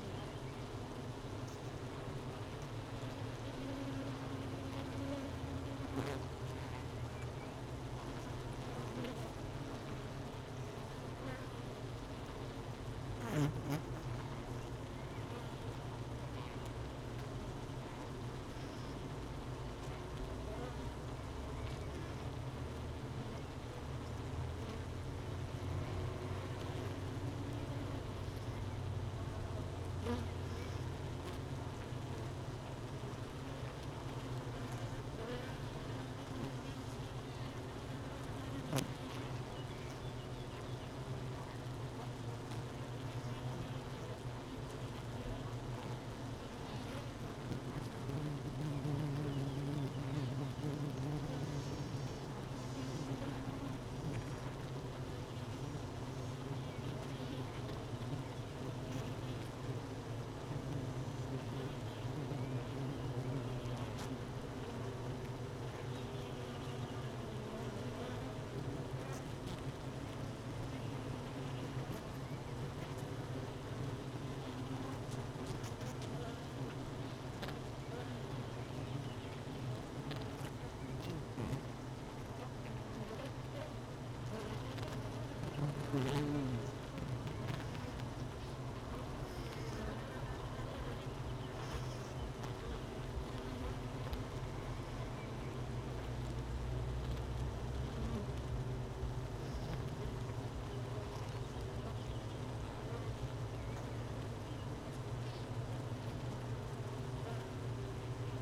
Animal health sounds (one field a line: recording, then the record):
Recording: honeybee colony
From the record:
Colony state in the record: missing queen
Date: 31 May 2018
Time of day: 13:01